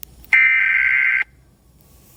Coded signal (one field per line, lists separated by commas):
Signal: Emergency Alert System (SAME) tones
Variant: header bursts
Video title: EAS Scenario - Mass Volcano Eruption (Read The Description)